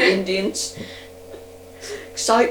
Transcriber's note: laughs